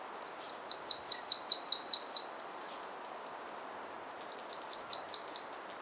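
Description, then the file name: Marsh tit: a rapid run of about ten high, sharply descending notes, a brief pause with faint softer notes, then a second shorter run of similar notes. "Poecile palustris"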